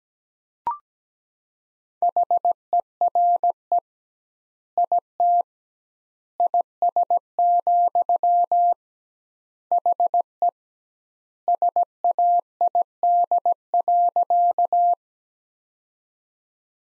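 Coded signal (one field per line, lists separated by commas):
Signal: Morse code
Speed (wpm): 17 wpm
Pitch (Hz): 700 Hz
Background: none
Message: HERE IT IS, HE SAID.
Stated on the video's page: Morse practice sentences from the top 200 words at 17 wpm with twice standard word spacing, a Farnsworth-like method.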